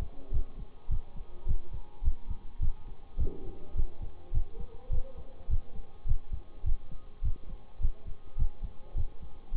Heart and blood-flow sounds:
heart sounds by stethoscope; between the tricuspid and mitral areas; 104 bpm
0.31 s: heartbeat
0.89 s: heartbeat
1.46 s: heartbeat
2.03 s: heartbeat
2.60 s: heartbeat
3.18 s: heartbeat
3.75 s: heartbeat
4.32 s: heartbeat
4.90 s: heartbeat
5.48 s: heartbeat
6.06 s: heartbeat
6.64 s: heartbeat
7.22 s: heartbeat
7.80 s: heartbeat
8.37 s: heartbeat
8.95 s: heartbeat
9.52 s: heartbeat
From the record:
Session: bicycle stress test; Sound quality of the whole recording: good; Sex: male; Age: 26 years

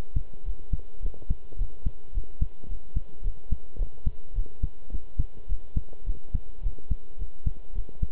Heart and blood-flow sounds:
heart sounds by stethoscope; between the tricuspid and mitral areas; 107 bpm
0.43 s: heartbeat
0.99 s: heartbeat
1.56 s: heartbeat
2.12 s: heartbeat
2.66 s: heartbeat
3.21 s: heartbeat
3.76 s: heartbeat
4.33 s: heartbeat
4.89 s: heartbeat
5.46 s: heartbeat
6.04 s: heartbeat
6.60 s: heartbeat
7.16 s: heartbeat
7.72 s: heartbeat
From the record:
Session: pedaling a stationary bicycle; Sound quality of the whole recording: good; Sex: male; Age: 23 years

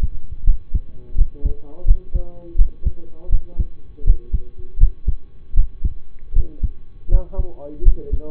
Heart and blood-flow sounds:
heart sounds by stethoscope; between the tricuspid and mitral areas; 81 bpm
0.44 s: heartbeat
1.15 s: heartbeat
1.85 s: heartbeat
2.56 s: heartbeat
3.29 s: heartbeat
4.04 s: heartbeat
4.77 s: heartbeat
5.54 s: heartbeat
6.33 s: heartbeat
7.09 s: heartbeat
7.82 s: heartbeat
From the record:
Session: rest, lying down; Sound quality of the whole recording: partially saturated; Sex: male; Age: 25 years

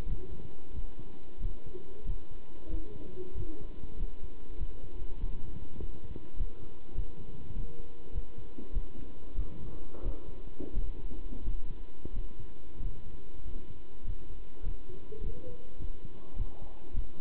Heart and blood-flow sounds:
heart sounds by stethoscope; between the tricuspid and mitral areas; 96 bpm
0.07 s: heartbeat
0.74 s: heartbeat
1.41 s: heartbeat
2.06 s: heartbeat
2.70 s: heartbeat
3.35 s: heartbeat
3.98 s: heartbeat
4.58 s: heartbeat
5.19 s: heartbeat
5.78 s: heartbeat
6.37 s: heartbeat
6.96 s: heartbeat
7.54 s: heartbeat
8.13 s: heartbeat
8.74 s: heartbeat
9.36 s: heartbeat
10.03 s: heartbeat
10.74 s: heartbeat
11.45 s: heartbeat
12.14 s: heartbeat
12.80 s: heartbeat
13.45 s: heartbeat
14.05 s: heartbeat
14.64 s: heartbeat
15.22 s: heartbeat
15.79 s: heartbeat
16.37 s: heartbeat
16.95 s: heartbeat
From the record:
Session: pedaling a stationary bicycle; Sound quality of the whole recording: good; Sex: male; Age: 27 years

